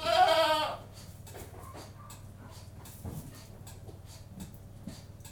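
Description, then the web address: Domestic goat bleats loudly and shakily at the start, followed by steady low machine hum with scattered knocks and faint calls. Goats in a goat-house, general atmosphere with a milking machine running in the background. "Sound Effects Library (Livestock) General atmosphere in goat-house, with milking machine in background"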